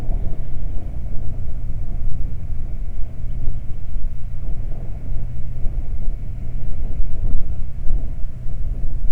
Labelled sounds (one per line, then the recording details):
bird
wind
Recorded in the Prudhoe Bay oil fields, Alaska, on 12 July 2019 at 00:01
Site 29